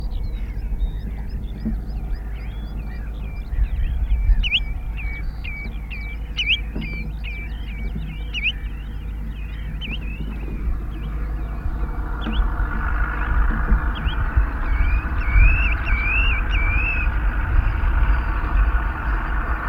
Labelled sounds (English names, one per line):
Spotted Redshank call